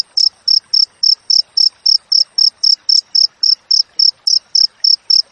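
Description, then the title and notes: Cricket song of clear, high-pitched chirps in a steady, quick beat, nearly four per second, on a quiet background. Natural cricket chirping with tightly spaced pauses, used as master audio for training songbirds and for repelling rats. "Masteran Jangkrik Alam Jernih, Jeda Rapat Cocok Untuk Masteran Burung Dan Mengusir Tikus. suara jangkrik"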